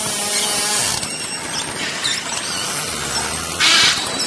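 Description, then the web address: Beluga calls: squeaky, buzzy harmonic tones overlaid with rapid clicking and crackling noise, ending in a brief louder burst of hiss. "valaat beluga"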